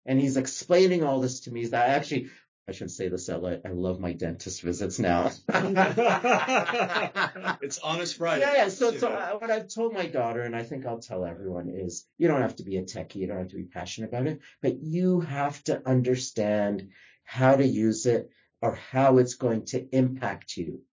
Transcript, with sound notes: And he’s explaining all this to me is that actually, I shouldn’t say this out loud, I love my dentist visits now.
*laugh* It’s honest Friday. *laughs*
Yeah, yeah. So what I’ve told my daughter and what I think I’ll tell everyone is you don’t have to be a techie, you don’t have to be passionate about it, but you have to understand how to use it or how it’s going to impact you.